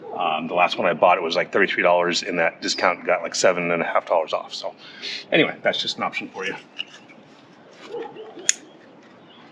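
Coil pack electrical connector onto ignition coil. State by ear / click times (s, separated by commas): seated / 8.5 s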